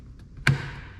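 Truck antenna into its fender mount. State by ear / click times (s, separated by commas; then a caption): seated / 0.5 s. A cut-down stock antenna on an NBS Stepside GMC Sierra is worked into its fender mount near the hood, with faint taps at about 0.2 and 0.4 s. It pops into place with a sharp, loud hit at 0.5 s that rings briefly before fading. The antenna is seated.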